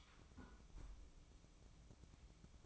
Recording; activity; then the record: daily activity, microphone in the room; close fridge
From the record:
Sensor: 1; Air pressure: 1007.9 hPa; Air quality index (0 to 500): 105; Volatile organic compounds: 1 ppm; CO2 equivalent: 891 ppm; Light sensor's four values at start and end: 12/28/11/13 and 12/28/11/13